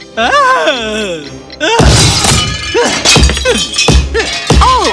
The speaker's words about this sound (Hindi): घड़ी इतने खूबसूरत लग रही थी तब भी जब उसे नष्ट किया जा रहा था। उसको देखना बहुत ही आश्चर्यजनक था।